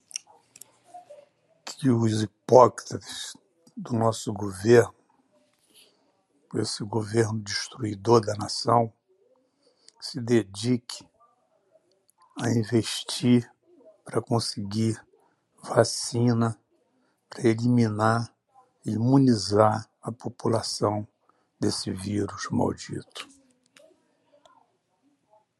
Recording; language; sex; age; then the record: short text; Brazilian Portuguese; male; 60 to 69 years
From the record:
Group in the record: control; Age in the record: 61 years